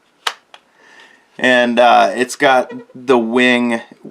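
An M&P Shield 2.0 pistol is pushed into an appendix inside-the-waistband Kydex holster from T-Rex Arms, producing a sharp click at 0.3 s followed by a fainter tick at 0.5 s. The pistol seats in the holster, and then someone talks.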